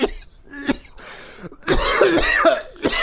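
Harsh, explosive coughs come in a rapid irregular run, about five bursts in three seconds, with a rough, strained sustained stretch in the middle, in an adult right after a big bong hit of cannabis smoke. This is a plain irritant cough, and it hurts.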